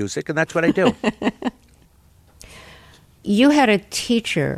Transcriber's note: laughter